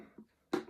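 A plastic wheel trim is pushed into the three slots of a RiiRoo Range Rover HSE ride-on toy car wheel on its second side. After a faint soft sound near 0.2 s and a quiet stretch, a sharp click rings out at 0.5 s and fades away. The wheel trim snaps fully into place and is seated on the wheel.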